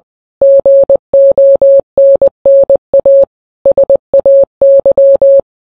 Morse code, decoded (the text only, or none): GONNA SAY